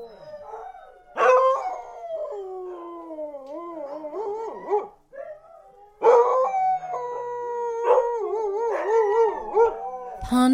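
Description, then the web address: Dog howling in long wavering tones that slide downward, broken by a few sharp barks, then another warbling howl holds on. "animal dog"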